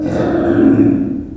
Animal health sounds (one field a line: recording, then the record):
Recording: squeal of a Yucatan mini pig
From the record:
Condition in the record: after surgery on the right vocal fold (resection and tissue-engineered implant)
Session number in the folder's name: 3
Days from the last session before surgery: 21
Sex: female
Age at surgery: 19 weeks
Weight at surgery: 25 kg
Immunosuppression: prednisolone